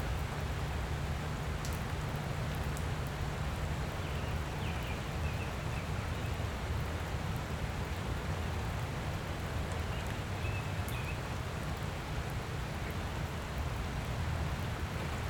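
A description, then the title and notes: Light rain falls steadily, a dense, even patter that holds at the same level throughout. A low rumble sits underneath, and a few faint chirps, likely birds, come through around the five and eleven second marks. A Light Pleasant Rain.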